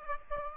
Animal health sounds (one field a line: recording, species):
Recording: mosquito wingbeat signal from an infrared sensor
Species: Aedes aegypti